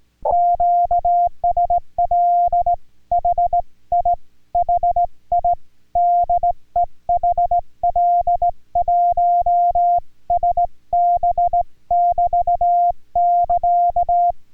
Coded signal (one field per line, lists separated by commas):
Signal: Morse code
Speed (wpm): 18 wpm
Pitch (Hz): 700 Hz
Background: music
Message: QSL HIHI DE HL1SB <BT> <KA>